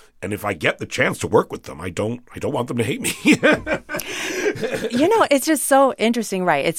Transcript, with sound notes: And if I get the chance to work with them, I don't want them to hate me (laughter).
You know, it's just so interesting, right?